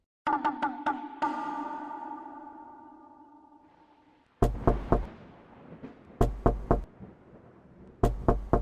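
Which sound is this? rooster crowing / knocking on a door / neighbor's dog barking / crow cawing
knocking on a door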